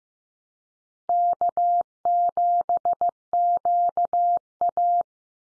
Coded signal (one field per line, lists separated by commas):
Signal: Morse code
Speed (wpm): 15 wpm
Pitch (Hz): 700 Hz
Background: none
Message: K7QA